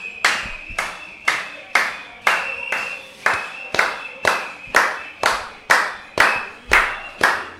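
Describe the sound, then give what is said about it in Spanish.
Neighbours at a street noise protest (ruidazo) in Escalada against utility tariff increases clap together in a steady, rhythmic beat, about thirteen sharp, loud claps in under eight seconds, with a faint ringing tone running underneath and no voices. “Trajimos los aplausos para acá.”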